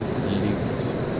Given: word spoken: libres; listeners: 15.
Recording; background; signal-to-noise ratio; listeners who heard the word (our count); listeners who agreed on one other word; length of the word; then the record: one Spanish word in noise, from a listening test; speech-shaped noise; -4.3 dB; 0 of 15; 7 of 15; 0.80 s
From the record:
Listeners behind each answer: 7, 2, 1, 1, 1, 1, 1, 1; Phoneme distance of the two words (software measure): 10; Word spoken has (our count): 2 syllables, 6 phonemes, stress on syllable 1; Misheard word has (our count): 2 syllables, 6 phonemes, stress on syllable 1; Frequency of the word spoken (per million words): 39.42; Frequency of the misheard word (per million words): 112.38